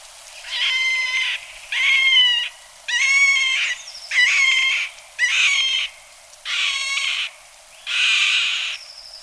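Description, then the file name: Middle spotted woodpecker giving a slow series of seven drawn-out, nasal, harsh quacking notes, each lasting under a second, evenly spaced. "Pic mar"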